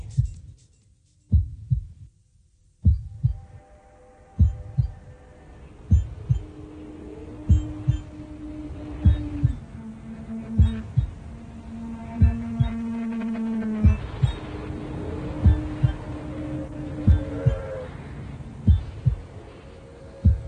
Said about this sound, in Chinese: 今次佢都有用音效。佢用心跳声